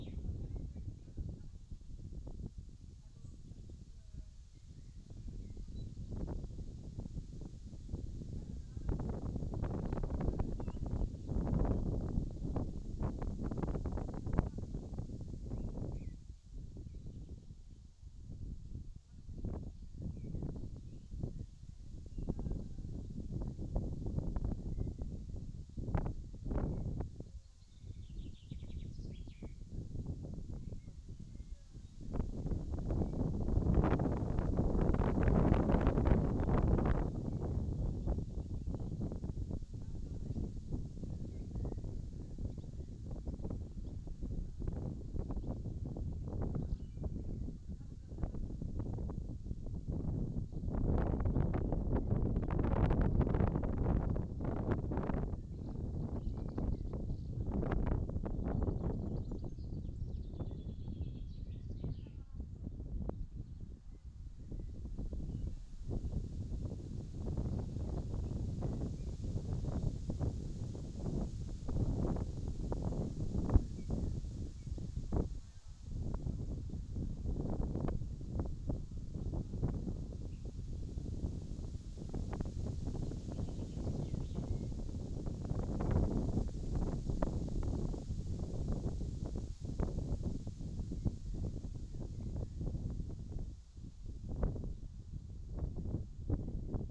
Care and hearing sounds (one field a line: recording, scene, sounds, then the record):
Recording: everyday scene through a hearing-aid microphone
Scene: wind on the microphone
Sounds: wind, voices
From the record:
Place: in front of a rural house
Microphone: in the ear canal, left